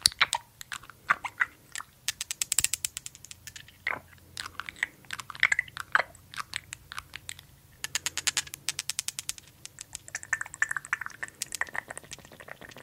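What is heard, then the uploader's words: Crisp tapping and clicking on a glass dropper bottle and its lid. Quick bursts of sharp taps come in irregular clusters, with rapid rattling runs around eight to nine seconds and softer scrapes between, over a faint low hum. ASMR 30 Mins of Glass Dropper Bottle & Lid Sounds for Tingles - tapping, no talking.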